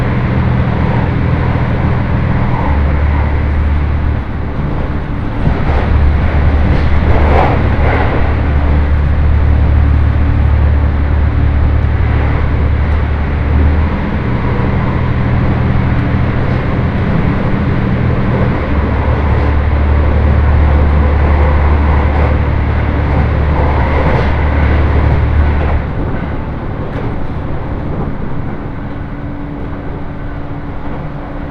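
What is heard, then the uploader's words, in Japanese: A Senseki-Tohoku Line rapid train runs from Takagimachi toward Sendai, with a loud, steady low rumble and hum that rises and falls in pitch as the motor works. Rattles and clicks from the running gear come through, and the drone eases somewhat after about 26 seconds. 仙石東北ライン快速 高城町→仙台。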